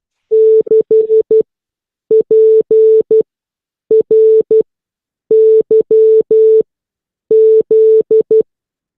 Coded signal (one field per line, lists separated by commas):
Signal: Morse code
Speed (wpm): 11 wpm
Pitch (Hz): 440 Hz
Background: none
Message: 6 P R Y Z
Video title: SCARS Meeting: Kim Elmore N5OP - The history of CW